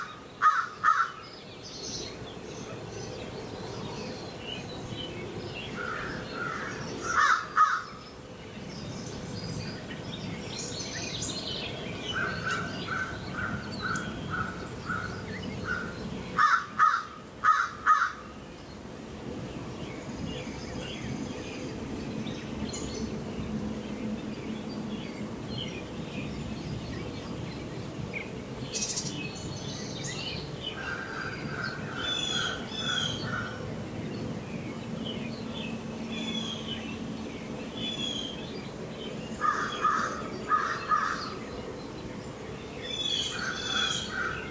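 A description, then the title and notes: Morning woods full of birds, with loud crow caws in bursts near 0, 7, 17 and 40 seconds over steady chirping and a low background hum. Relax with the many sounds of the woods in the early morning. An abundance of birds. Morning in the Woods.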